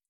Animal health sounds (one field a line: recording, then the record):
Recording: hydrophone in a shrimp aquaculture tank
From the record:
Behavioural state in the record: feeding